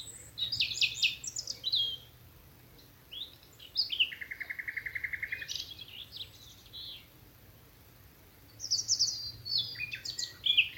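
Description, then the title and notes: Common nightingale song: bright rich phrases, a long even rattling trill, then more warbled and whistled notes after a pause. Nightingales singing from thickets of a Dorset wood in the evening as dew falls, Alners Gorse nature reserve run by Butterfly Conservation, Dorset. "Sound Escape 11: the glorious song of nightingales from a Dorset wood. BBC Countryfile Magazine. it's evening at Alners Gorse, a nature reserve in Dorset run by Butterfly Conservation . As the dew falls, the extraordinary song of nightingales rises from the thickets. Recorded by Martin Maudsley"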